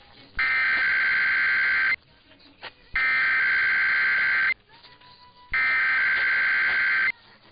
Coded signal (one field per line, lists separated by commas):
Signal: Emergency Alert System (SAME) tones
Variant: header bursts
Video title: [EAS #1866-#1869] Tests & Texas CAE